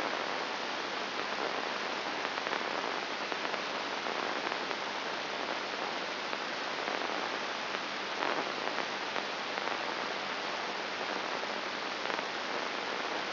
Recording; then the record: brain microelectrode recording played as sound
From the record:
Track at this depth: inside the subthalamic nucleus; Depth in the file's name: 2.702 mm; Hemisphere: left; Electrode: 2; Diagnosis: Parkinson's disease